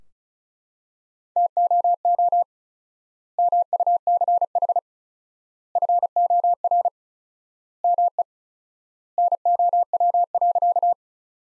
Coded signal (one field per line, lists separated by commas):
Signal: Morse code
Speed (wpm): 34 wpm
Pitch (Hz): 700 Hz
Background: none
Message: TOO MUCH FOR ME NOW.